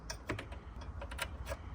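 The rerouted harness connector for an Apple CarPlay/Android Auto interface is handled toward the back of the radio head unit in a Toyota Land Cruiser 200 series. Short, sharp plastic ticks and taps sound around 0.1, 0.3, 0.4, 1.1 and 1.2 seconds over a low background hum. The connector has not seated or clicked in yet.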